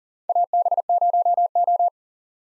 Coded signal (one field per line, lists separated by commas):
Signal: Morse code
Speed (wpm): 40 wpm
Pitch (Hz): 700 Hz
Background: none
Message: AB0O